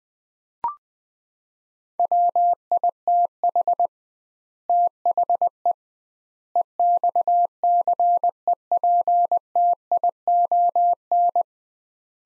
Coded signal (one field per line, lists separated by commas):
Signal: Morse code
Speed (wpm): 20 wpm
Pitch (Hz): 700 Hz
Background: none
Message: WITH THE EXCEPTION